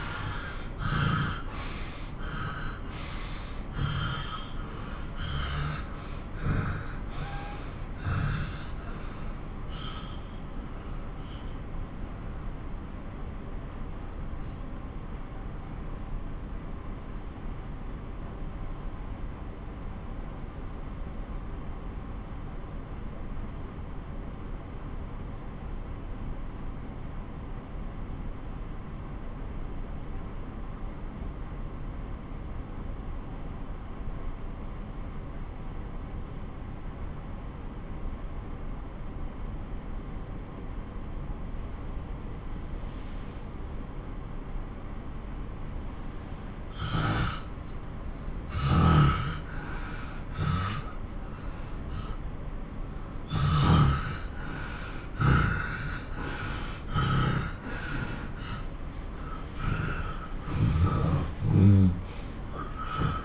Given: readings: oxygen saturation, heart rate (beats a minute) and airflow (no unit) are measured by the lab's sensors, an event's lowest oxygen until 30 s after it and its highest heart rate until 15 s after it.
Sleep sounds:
breathing in sleep by a smartphone at the bedside; 1
8.00-49.40 s: hypopnea (N1, oxygen 96% highest, then 93% lowest)
52.00-63.24 s: new sleep stage, awake
55.00-63.24 s: awake
From the record:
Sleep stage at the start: N1 (lightest sleep); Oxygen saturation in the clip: 85 to 96%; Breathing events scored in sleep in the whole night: 217 in 6.3 hours asleep

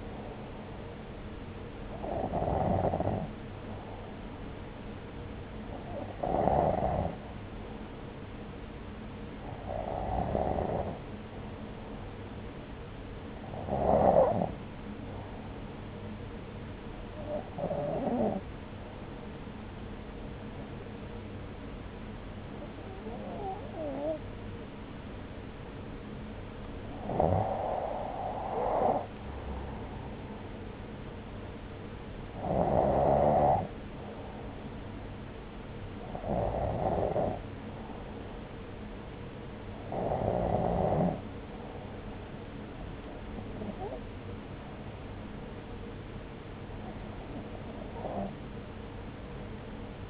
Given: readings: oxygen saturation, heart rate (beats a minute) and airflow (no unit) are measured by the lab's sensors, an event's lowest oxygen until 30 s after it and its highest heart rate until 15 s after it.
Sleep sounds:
breathing in sleep by a voice recorder at the bedside; none
none scored
From the record:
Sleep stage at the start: N2 (light sleep); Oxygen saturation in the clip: 93 to 96%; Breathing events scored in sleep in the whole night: 303 in 8.1 hours asleep

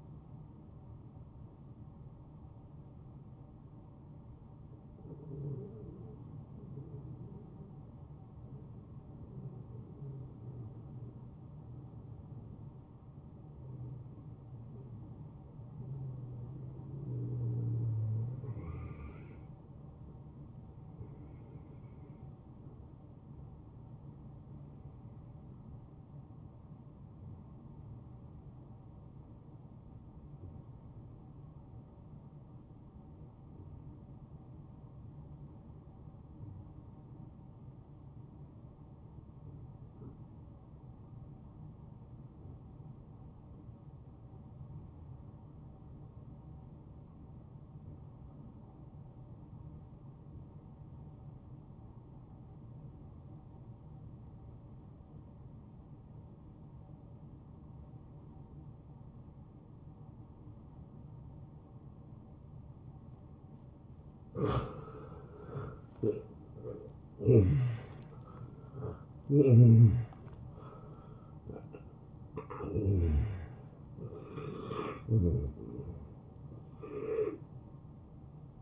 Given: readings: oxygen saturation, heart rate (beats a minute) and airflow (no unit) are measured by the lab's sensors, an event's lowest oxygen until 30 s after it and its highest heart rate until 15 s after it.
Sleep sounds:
breathing in sleep by a smartphone at the bedside; 1
3.00-63.50 s: hypopnea (N2, oxygen 97% highest, then 86% lowest)
7.00-37.00 s: new sleep stage, N1 (lightest sleep)
37.00-67.00 s: new sleep stage, N2 (light sleep)
67.00-78.62 s: new sleep stage, N1 (lightest sleep)
From the record:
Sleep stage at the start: N2 (light sleep); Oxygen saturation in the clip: 78 to 97%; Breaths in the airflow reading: 13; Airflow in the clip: -24.5 to 11.8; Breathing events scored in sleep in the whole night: 263 in 5.5 hours asleep

